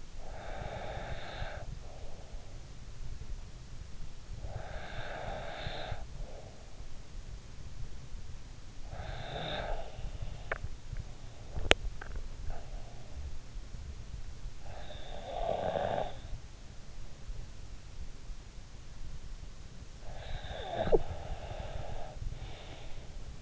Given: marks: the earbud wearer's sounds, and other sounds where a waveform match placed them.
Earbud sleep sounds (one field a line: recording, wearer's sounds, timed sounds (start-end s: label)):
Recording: sounds in sleep by an in-ear microphone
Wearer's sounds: breath, swallowing, snoring breath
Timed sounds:
0.00-2.45 s: breath
3.71-7.19 s: breath
8.71-10.34 s: breath
10.34-12.19 s: swallowing
14.43-16.74 s: snoring breath
19.68-23.42 s: snoring breath